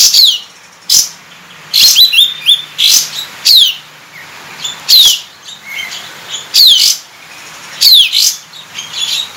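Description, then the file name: Sooty-headed Bulbul repeating sharp downslurred whistles and harsh chirps about every second. Kapas tembak 'buka ekor' (tail-opening) song style, used for training cage birds. "suara kapas tembak buka ekor"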